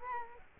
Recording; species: mosquito wingbeat signal from an infrared sensor; Culex quinquefasciatus